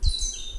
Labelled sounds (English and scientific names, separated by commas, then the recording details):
Stitchbird (Notiomystis cincta) song
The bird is a male
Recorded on Tiritiri Matangi Island, New Zealand, in 2005
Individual 16, of nest box 24